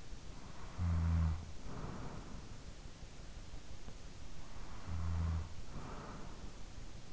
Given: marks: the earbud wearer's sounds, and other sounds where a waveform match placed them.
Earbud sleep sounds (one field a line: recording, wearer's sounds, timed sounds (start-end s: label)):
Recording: sounds in sleep by an in-ear microphone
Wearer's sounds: snoring breath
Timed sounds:
0.06-2.89 s: snoring breath
4.28-7.13 s: snoring breath